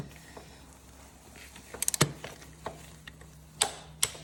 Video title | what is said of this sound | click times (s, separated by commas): Honda CB500x Oil and Filter Service | until it clicks and that is tightened up there we go | 4.0 s